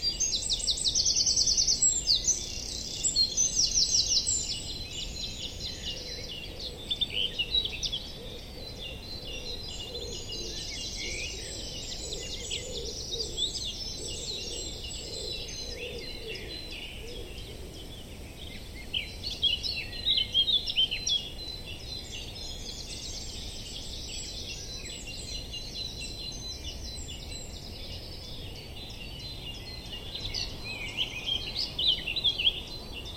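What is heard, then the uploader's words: A dawn chorus of many birds singing at once, with dense, overlapping high chirps and trills that swell in bursts near the start, around ten to fifteen seconds, and again past twenty. A soft low rumble of noise runs steadily underneath. Oxford dawn chorus. Dawn chorus recorded in May 2023 at a nature reserve in Oxford - binaural recording. Recorded by Giulia Biasibetti.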